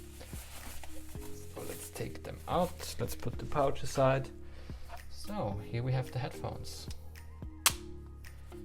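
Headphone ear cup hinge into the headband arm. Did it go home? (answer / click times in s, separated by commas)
yes / 7.7 s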